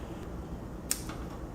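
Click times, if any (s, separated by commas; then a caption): 0.9 s. A Lincoln MKC backup camera's wiring connector is pushed down into its mating plug, latch to the inside, during a camera replacement. Over a steady low background hum, a single sharp, bright click sounds at 0.9 s. The connector is seated.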